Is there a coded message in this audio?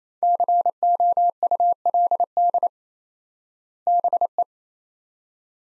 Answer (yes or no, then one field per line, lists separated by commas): yes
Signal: Morse code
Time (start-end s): 0.2-4.4 s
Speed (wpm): 28 wpm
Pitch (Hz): 700 Hz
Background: none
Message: COULD BE